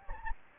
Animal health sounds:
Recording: mosquito wingbeat signal from an infrared sensor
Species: Anopheles gambiae

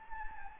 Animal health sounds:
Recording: mosquito wingbeat signal from an infrared sensor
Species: Anopheles gambiae

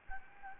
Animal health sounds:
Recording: mosquito wingbeat signal from an infrared sensor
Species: Anopheles gambiae

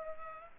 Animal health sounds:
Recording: mosquito wingbeat signal from an infrared sensor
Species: Culex pipiens

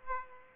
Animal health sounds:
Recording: mosquito wingbeat signal from an infrared sensor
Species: Aedes aegypti

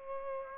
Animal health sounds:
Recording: mosquito wingbeat signal from an infrared sensor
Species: Culex pipiens

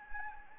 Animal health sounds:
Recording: mosquito wingbeat signal from an infrared sensor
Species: Anopheles gambiae

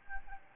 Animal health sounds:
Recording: mosquito wingbeat signal from an infrared sensor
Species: Aedes albopictus

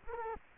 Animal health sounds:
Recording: mosquito wingbeat signal from an infrared sensor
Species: Culex quinquefasciatus

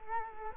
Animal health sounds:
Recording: mosquito wingbeat signal from an infrared sensor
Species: Culex quinquefasciatus

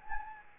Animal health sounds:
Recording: mosquito wingbeat signal from an infrared sensor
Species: Anopheles gambiae

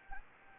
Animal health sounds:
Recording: mosquito wingbeat signal from an infrared sensor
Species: Anopheles gambiae

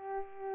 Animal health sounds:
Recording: mosquito wingbeat signal from an infrared sensor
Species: Culex pipiens

